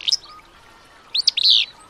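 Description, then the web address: Willow flycatcher singing one brisk, sneezing phrase: a high chip followed later by a rough, buzzy fitz-like slur and a hoarse drawn-out note. Song likened to a sneeze. "Birdnote. The Sneeze of Willow Flycatcher"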